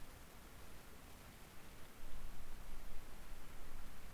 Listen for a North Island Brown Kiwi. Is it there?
no